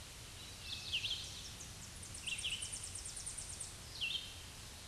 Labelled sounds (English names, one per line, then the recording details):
Tennessee Warbler song
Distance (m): 60 m
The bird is about 25 m above the microphone
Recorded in a Pennsylvania forest on 16 May 2024 at 07:59
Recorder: AudioMoth, point MSD-0192
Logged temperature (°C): 16.0 °C
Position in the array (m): 132 m, 98 m